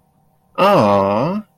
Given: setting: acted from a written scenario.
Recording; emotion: vocal sound without words; adoration